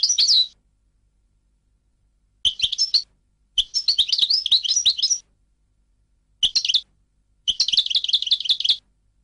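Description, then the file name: European goldfinch song in several bursts of fast, jangling twitters, some short and some over a second long, separated by pauses. "audio burung goldfinch"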